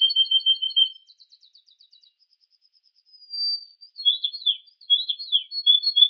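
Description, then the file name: Canary song: a fast high trill, then a string of quick clipped notes, a thin sustained whistle, and sharp warbled phrases sweeping up and down. Combination of Yorkshire canary and Russian canary song styles. "Kombinasi Suara Kenari Yorkshire dan Rusia"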